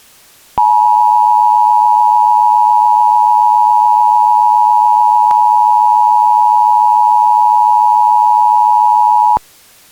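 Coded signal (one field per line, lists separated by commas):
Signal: Emergency Alert System (SAME) tones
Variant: 853 and 960 Hz attention tone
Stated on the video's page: Fictional EAS scenario, simulated alert.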